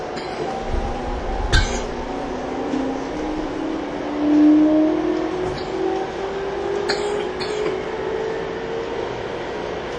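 A TWR 70-000 series train on the Saikyō Line rapid service, its inverter whine rising slowly in pitch as it accelerates, over a steady low rumble of running gear. Sharp clicks and thumps from the wheels and rails sound around 1.5 seconds and again near 7 seconds.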